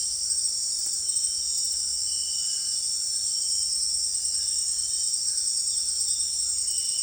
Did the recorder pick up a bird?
no